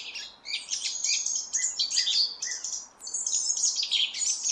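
Song thrush song, a dense run of high, varied chirps and trills with sharp notes and short whistles, delivered almost without pause.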